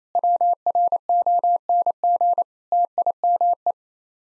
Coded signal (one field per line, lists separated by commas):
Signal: Morse code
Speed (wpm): 28 wpm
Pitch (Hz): 700 Hz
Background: none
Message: WRONG TIME